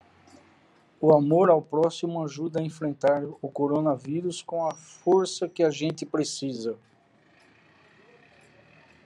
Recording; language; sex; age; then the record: spoken sentence; Brazilian Portuguese; male; 60 to 69 years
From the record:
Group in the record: control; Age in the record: 69 years